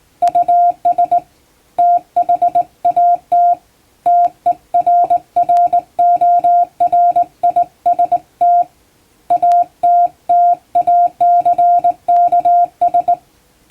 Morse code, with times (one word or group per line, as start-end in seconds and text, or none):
0.2-1.2 US
1.8-3.5 THAT
4.1-8.6 TERRORIST
9.3-13.1 ATTACKS